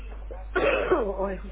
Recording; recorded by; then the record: voluntary cough; telephone call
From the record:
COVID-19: positive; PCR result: checked with the laboratory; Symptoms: yes